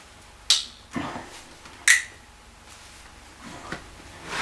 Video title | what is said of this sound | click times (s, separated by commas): Kitwana's Toys #35: 2019 Mattel Jurassic World Legacy Collection Brachiosaurus Figure Unboxing | Doesn't click or anything. | none